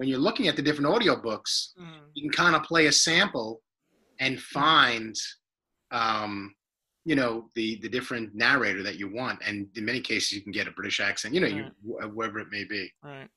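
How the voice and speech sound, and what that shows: An adult man speaks clearly and casually at a relaxed pace, with a few fillers and pauses.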